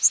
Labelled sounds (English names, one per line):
Northern Waterthrush flight call